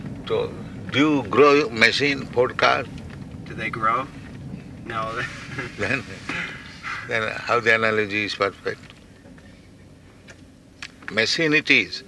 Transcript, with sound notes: Do you grow machine, Ford car?
Do they grow? No, they... [laughs]
Then how the analogy is perfect? Machine it is.